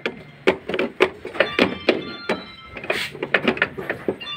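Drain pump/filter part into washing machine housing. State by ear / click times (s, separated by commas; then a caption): seated / 0.5 s, 3.3 s. During a U11 drain-error repair on a Panasonic inverter washing machine, a plastic drain part, the drain pump or filter housing, is pressed into its mount and turned to lock. A series of sharp plastic thunks and knocks is heard, with the part clicking into place at 0.5 s and 3.4 s. It ends locked and seated in position.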